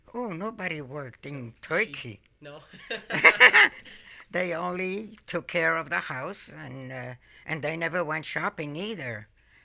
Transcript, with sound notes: Oh, nobody worked in Turkey.
No?! (they laugh)
They only took care of the house and they never went shopping either.